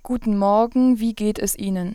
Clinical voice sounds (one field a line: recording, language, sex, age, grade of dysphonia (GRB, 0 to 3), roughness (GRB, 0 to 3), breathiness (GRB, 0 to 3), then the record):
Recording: spoken sentence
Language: German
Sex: female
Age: 20 to 29 years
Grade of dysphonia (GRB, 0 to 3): 1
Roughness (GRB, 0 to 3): 0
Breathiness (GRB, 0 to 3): 1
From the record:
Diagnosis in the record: healthy voice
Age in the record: 20 years